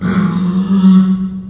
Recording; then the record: squeal of a Yucatan mini pig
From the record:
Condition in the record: after surgery on the right vocal fold (resection and tissue-engineered implant); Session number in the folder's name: 16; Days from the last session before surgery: 183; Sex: female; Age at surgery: 19 weeks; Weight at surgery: 25 kg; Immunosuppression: prednisolone